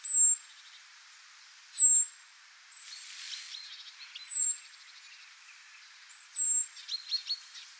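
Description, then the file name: European robin giving high, thin whistles at irregular intervals, with a brief rush of noise and some scratchy twittering notes in between. "Erithacus rubecula"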